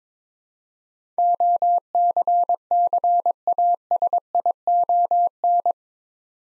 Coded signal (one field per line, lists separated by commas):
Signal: Morse code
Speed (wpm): 22 wpm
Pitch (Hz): 700 Hz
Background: none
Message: OCCASION